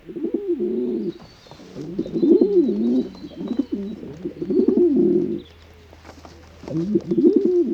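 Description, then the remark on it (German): Several pigeons coo in low, throaty, rolling phrases, overlapping in bursts with short pauses between, with faint higher chirps flickering above. “Ich rate mir selbst, mich vor den Tauben zu fürchten.”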